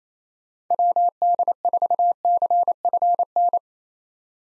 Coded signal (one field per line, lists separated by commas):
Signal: Morse code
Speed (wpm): 28 wpm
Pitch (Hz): 700 Hz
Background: none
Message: WD4CFN